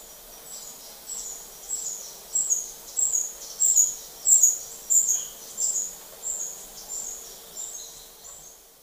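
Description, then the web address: Brown Inca repeating high, piercing tsip notes at an even pace, about twelve in all, loudest in the middle of the series. Ecuador. "Natures Songs S America Birds of Ecuador Brown Inca"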